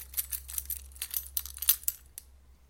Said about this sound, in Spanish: custodiada solamente por una pesada puerta de rejas, que ella abrió con un tintineo de llaves.